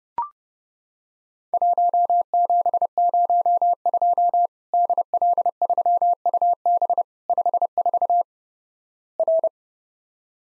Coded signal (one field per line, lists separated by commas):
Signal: Morse code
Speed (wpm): 32 wpm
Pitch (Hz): 700 Hz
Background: none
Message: 1702 DL3UB 54 R